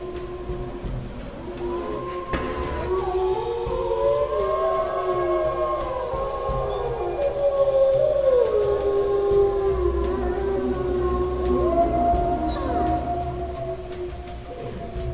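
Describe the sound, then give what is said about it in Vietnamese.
A man's long, drawn-out howl, the man's howl carried far by a strong wind high in the sky, rises and wavers in pitch, several overlapping howling tones sliding up and down for the whole stretch over a steady low rush of wind. “Mấy phút sau, cơn gió lồng lộng trên không trung mang tiếng hú của … đi đến một nơi rất xa.”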